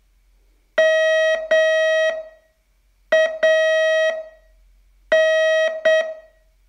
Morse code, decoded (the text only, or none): MAN